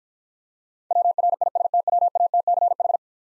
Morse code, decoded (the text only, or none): WRISTWATCH